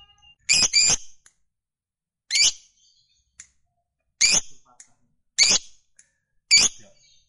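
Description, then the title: Lovebird giving loud, harsh, high squawks, a double one first and then single squawks every second or two, with silence between. Fighter-type lovebird; the recording features its long chatter (ngekek panjang). "Begitu Dengar Suara Lovebird FIGHTER NGEKEK PANJANG"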